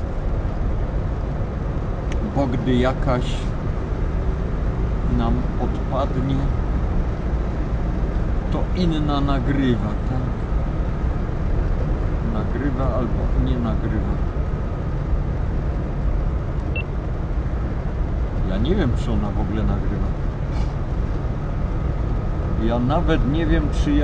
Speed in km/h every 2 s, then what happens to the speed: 63, 63, 66, 66, 67, 66, 64, 61, 60, 59, 62, 62.
0-9 steady at about 66. 9-15 slows to 60. 15-24 steady at about 60.